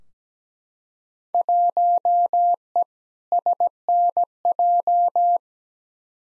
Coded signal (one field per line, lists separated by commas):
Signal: Morse code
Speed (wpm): 17 wpm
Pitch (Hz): 700 Hz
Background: none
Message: 1E SNJ